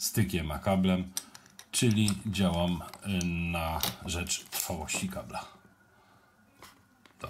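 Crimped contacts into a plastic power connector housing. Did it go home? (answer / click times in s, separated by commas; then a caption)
yes / 7.1 s, 7.2 s. Someone talks for most of the clip, then after a quiet stretch, crimped metal contacts are pushed into a plastic Anderson power connector housing. The negative contact latches with a sharp click at 7.1 s and the positive one at 7.2 s, both seated in the housing.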